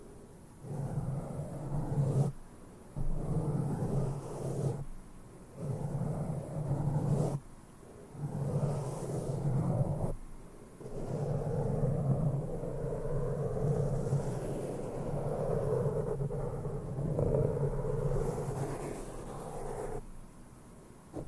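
Intense mic brushing in dense, rumbling bursts of low scratchy sweeps, broken by brief silent gaps around 2, 5, 7 and 10 seconds.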